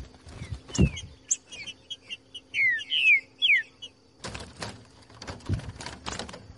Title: Canto De Trinca Ferro Voz 10. TRINCA FERRO CANTANDO NO MATO. ESQUENTAR TRINCA FERRO